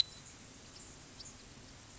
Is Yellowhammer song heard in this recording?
no